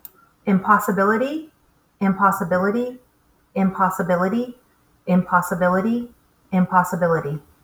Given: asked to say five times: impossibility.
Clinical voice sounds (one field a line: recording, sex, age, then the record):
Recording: repeated word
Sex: female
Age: 40 to 49 years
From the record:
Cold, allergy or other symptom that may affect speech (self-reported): no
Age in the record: 44 years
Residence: Massachusetts, United States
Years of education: 15